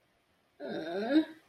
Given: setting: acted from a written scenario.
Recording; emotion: vocal sound without words; sadness